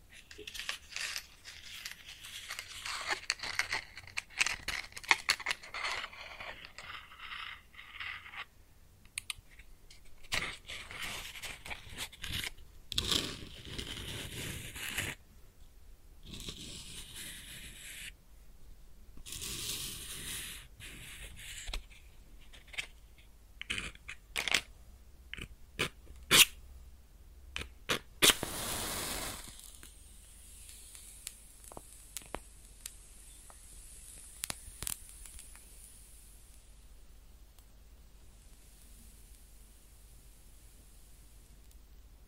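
A match is struck and lit, its fire crackling and sizzling in dense, irregular bursts of sharp pops through the first half. Louder flare-ups come around 13, 20 and 28 seconds, then the sound thins to scattered ticks over a faint steady hiss and a low hum.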